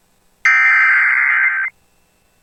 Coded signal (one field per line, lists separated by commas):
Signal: Emergency Alert System (SAME) tones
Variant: header bursts